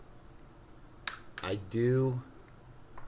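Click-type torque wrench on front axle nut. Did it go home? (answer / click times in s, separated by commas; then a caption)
yes / 1.1 s. A click-type torque wrench tightens the front axle nut on a 2009 Ducati Monster M1100 during a front tire change at 12,734 miles. A sharp, loud click sounds at 1.1 s, then someone talks and a fainter click follows near 3.0 s. The axle nut is torqued.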